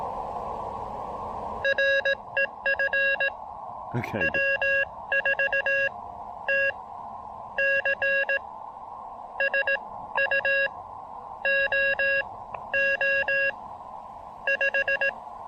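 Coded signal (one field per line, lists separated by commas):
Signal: Morse code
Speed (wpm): 18 wpm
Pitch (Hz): 1650 Hz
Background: speech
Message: REF W4T C SU OO 5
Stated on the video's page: Morse during a SOTA summit activation in gusty wind.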